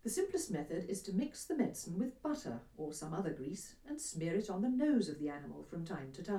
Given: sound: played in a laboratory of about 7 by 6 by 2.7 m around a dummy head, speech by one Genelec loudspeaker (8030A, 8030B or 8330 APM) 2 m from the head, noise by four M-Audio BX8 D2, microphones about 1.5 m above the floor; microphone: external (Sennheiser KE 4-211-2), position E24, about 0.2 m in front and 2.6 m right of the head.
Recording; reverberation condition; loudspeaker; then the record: female speech in English; low; 150 degrees to the left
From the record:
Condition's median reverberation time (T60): about 310 ms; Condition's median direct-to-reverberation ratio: about 3.5 dB